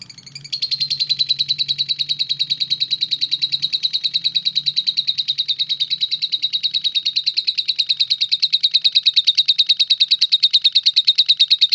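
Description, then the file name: Lovebird chattering song, a fast steady stream of high pulsed chirps, several per second, continuing without pause throughout. Lovebird named Melinda, billed as a star. "audio lovebird star melinda omkicau"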